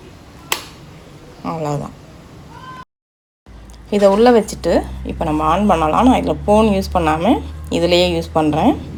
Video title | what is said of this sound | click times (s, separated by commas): Robot Vacuum & Mopping - வீடு பெருக்கி துடைக்கும் robot - Robot Vacuum Cleaner -Xiaomi Robot Vacuum | கீழ மோப்பிங் பேட் வச்சிரலாம் இதை வச்சு உள்ள தள்ளுனோம்னா போதும் அந்த லாக் ஆகுற சத்தம் கேட்கும் | 0.5 s